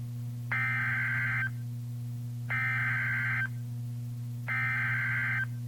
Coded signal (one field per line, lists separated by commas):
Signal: Emergency Alert System (SAME) tones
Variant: header bursts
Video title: EAS #1289 - Flash Flood Warning for a Levee Break 10-25-2015